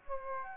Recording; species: mosquito wingbeat signal from an infrared sensor; Aedes aegypti